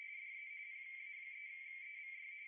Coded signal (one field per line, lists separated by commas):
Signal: RTTY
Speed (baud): 45.45 baud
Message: DE PA3EVY